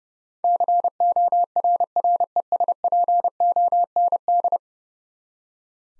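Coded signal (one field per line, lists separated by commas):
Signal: Morse code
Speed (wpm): 30 wpm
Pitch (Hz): 700 Hz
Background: none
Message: CORRESPOND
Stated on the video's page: Morse code head-copy drill of ten-letter words at 30 wpm; each word is sent, spoken, then sent again.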